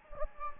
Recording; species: mosquito wingbeat signal from an infrared sensor; Anopheles gambiae